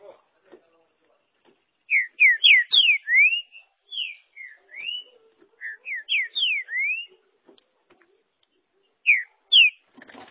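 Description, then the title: Green-winged saltator song: loud phrases of quick slurred whistles, rising and falling, repeated several times with short pauses, and faint clicks between phrases. "Trinca Ferro"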